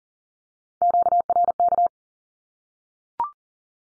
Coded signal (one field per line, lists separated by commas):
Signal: Morse code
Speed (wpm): 40 wpm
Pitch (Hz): 700 Hz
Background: none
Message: QRK